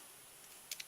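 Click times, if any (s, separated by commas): none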